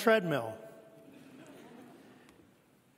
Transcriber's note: laughs